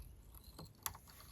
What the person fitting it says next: all right so it clicked so I know it's in the machine